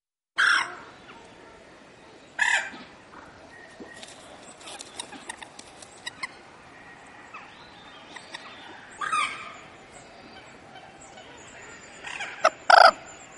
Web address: common moorhen